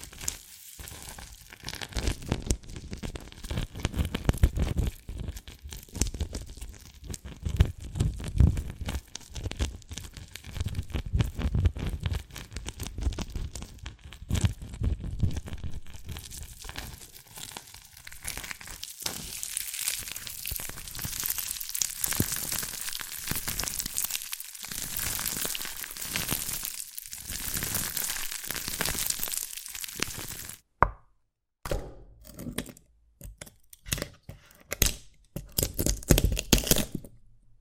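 Dalgona candy is tapped and cracked in a dense, continuous run of small crisp clicks and scratchy crackles, heavy and full in the first fifteen seconds, then brighter and thinner. Near thirty seconds the sound breaks into separate sharp taps with short silences between.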